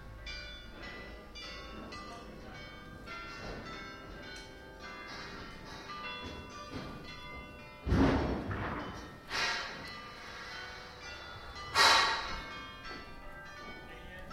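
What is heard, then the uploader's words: Scaffold building at a church: steady ringing metallic tones, with three sharp clanks of metal poles near 8, 9.5 and 12 seconds. Construction workers are building a scaffold around the Theresia of Ávila church in The Hague. October 1st 2011.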